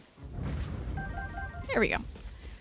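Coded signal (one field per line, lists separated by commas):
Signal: none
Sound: game sound effect beeps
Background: speech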